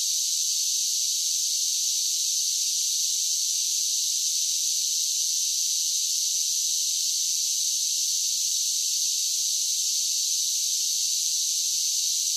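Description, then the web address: Cicadas singing in a long, steady high buzz that never pauses or shifts, the only sound present. Several cicadas singing, a buzzing insect song. "Blastwave INSECTS Cicadas Sing"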